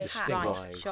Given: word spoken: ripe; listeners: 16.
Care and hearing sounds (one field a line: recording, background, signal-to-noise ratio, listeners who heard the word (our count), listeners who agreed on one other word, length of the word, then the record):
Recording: one English word in noise, from a listening test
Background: four-talker babble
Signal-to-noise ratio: -2.8 dB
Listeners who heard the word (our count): 0 of 16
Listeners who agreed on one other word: 7 of 16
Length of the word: 0.52 s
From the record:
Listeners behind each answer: 7, 2, 2, 1, 1, 1, 1, 1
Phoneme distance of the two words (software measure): 30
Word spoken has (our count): 1 syllable, 3 phonemes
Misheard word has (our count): 1 syllable, 3 phonemes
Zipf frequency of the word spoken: 3.70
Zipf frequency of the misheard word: 4.76